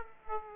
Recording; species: mosquito wingbeat signal from an infrared sensor; Aedes aegypti